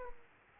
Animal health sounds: mosquito wingbeat signal from an infrared sensor; Aedes aegypti

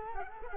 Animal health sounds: mosquito wingbeat signal from an infrared sensor; Culex quinquefasciatus

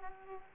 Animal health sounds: mosquito wingbeat signal from an infrared sensor; Aedes aegypti

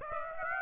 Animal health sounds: mosquito wingbeat signal from an infrared sensor; Aedes aegypti

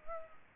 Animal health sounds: mosquito wingbeat signal from an infrared sensor; Culex pipiens

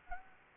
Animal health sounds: mosquito wingbeat signal from an infrared sensor; Anopheles gambiae

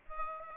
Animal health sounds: mosquito wingbeat signal from an infrared sensor; Aedes albopictus

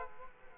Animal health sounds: mosquito wingbeat signal from an infrared sensor; Aedes aegypti

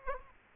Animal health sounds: mosquito wingbeat signal from an infrared sensor; Aedes aegypti

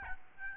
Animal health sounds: mosquito wingbeat signal from an infrared sensor; Aedes albopictus

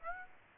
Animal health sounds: mosquito wingbeat signal from an infrared sensor; Aedes aegypti

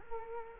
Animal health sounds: mosquito wingbeat signal from an infrared sensor; Culex quinquefasciatus

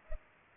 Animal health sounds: mosquito wingbeat signal from an infrared sensor; Culex pipiens

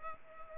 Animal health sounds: mosquito wingbeat signal from an infrared sensor; Culex pipiens

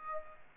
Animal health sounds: mosquito wingbeat signal from an infrared sensor; Aedes aegypti

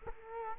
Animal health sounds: mosquito wingbeat signal from an infrared sensor; Culex quinquefasciatus

